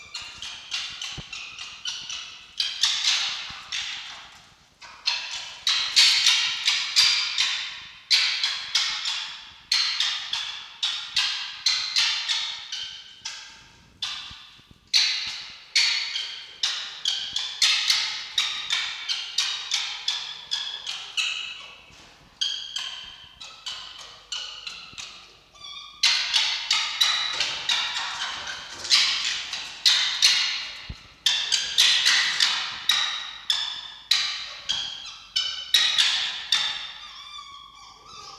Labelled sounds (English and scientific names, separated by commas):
Red Fox (Vulpes vulpes)